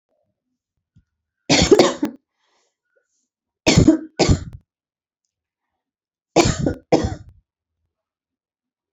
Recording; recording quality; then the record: heavy voluntary cough; excellent, no background noise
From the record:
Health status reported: COVID-19 positive, mild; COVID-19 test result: positive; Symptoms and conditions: cough, fatigue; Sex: female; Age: 37 years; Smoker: not ticked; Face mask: worn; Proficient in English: yes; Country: India